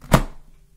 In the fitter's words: here click okay that is it and if you want to stabilize it because it looks floppy